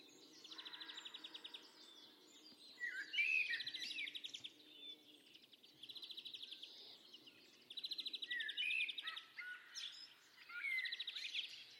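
Bird trilling: repeated bursts of fast metallic trills mixed with twisting whistled phrases, continuing steadily throughout.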